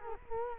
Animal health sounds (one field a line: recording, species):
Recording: mosquito wingbeat signal from an infrared sensor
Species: Culex quinquefasciatus